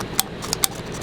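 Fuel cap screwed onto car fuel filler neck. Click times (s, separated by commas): 0.2 s, 0.5 s, 0.6 s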